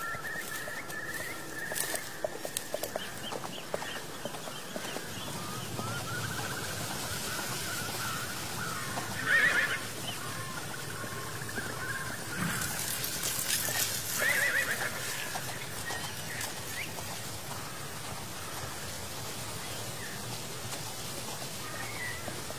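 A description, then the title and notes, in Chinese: Horse hooves clop along an old road, with soft rustling of fallen leaves underneath. A steady tone lingers through much of the clip, like a temple bell's hum, while brief bird calls and a bright burst around thirteen to fifteen seconds break in. 秋天古道夕阳下的马蹄声、落叶声、远处的深山鸟鸣和古寺钟声。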